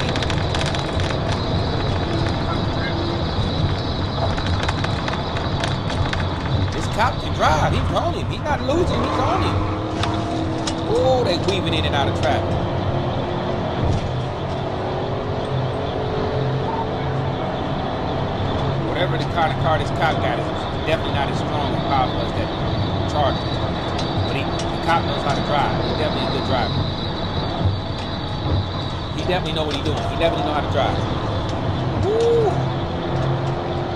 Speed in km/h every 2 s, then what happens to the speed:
217, 216, 208, 163, 150, 159, 169, 177, 184, 187, 193, 200, 204, 200, 169, 174, 184.
0-7 brakes to 150. 7-22 speeds up to 200. 26-28 brakes to 169. 28-34 speeds up to 184.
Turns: none.